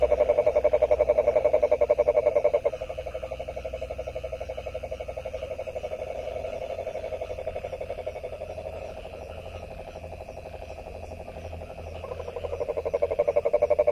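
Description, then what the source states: Frog giving a steady, rapid pulsed croak, a rattling trill held throughout, louder at the start and end. 23 January 2022.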